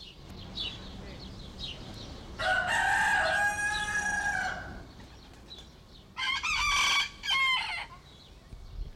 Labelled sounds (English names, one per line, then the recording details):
Red Junglefowl call
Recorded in captivity
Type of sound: call
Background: Gallus gallus f domestica
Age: adult
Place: Zoo Berlin, Berlin, DE
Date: 1992-06-20 10:52
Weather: wolkig-heiter, 20-24°C
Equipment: Marantz CP 430, Sennheiser ME 80, Kopie Tesla B 116
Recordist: Tembrock, Günter
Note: Bankiwa, Männchen Krähen zweimal